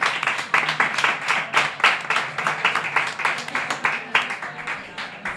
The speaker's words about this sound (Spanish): Un aplauso para el que está ahí presente.